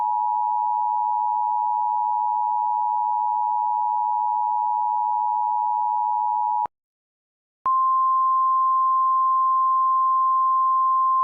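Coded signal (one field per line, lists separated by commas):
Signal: Emergency Alert System (SAME) tones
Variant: 853 and 960 Hz attention tone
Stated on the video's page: Fake test alert mixed with an emergency action notification, generated by an EAS encoder app; the tones are valid.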